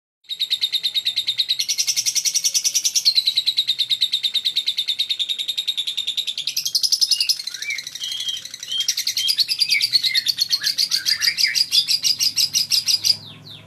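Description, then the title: Lovebird chattering song: a long, fast, rattling trill of rapid notes, rising and falling slightly, with brief high squeaky notes mixed in near the middle. Master training recording for lovebirds, meant to make young birds quickly produce the long chattering song style called ngekek panjang. "Kicau Lovebird Terapi Masteran LABET Agar Labet Cepet NGEKEK PANJANG"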